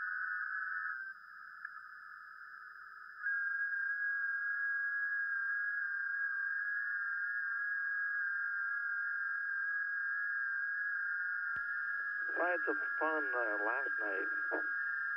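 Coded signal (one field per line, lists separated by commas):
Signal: FT8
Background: speech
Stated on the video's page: FT8 data received over the air on 40m via an NVIS dipole, real ham radio gear, not SDR or simulation, live stream.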